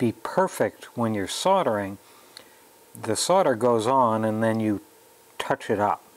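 An LED with one leg soldered is handled on a printed circuit board, pressed from behind with a finger while that single leg is reheated so it can drop flat against the board. Someone talks throughout, with a faint tick around 2.4 s in a pause. The clip ends before the LED goes home, so nothing has seated or clicked yet.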